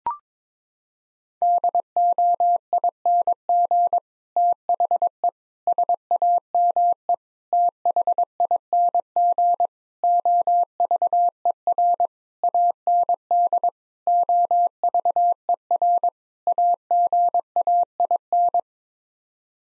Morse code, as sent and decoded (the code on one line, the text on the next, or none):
-.. --- .. -. --. / - .... . / ... .- -- . / - .... .. -. --. / --- ...- . .-. / .- -. -.. / --- ...- . .-. / .- --. .- .. -.
DOING THE SAME THING OVER AND OVER AGAIN